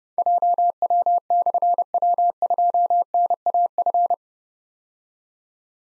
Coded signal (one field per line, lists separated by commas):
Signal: Morse code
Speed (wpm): 30 wpm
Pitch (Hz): 700 Hz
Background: none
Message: JW/W2NAF